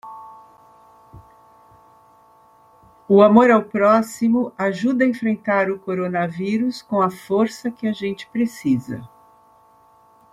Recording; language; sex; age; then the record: spoken sentence; Brazilian Portuguese; female; 60 to 69 years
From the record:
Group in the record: control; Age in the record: 62 years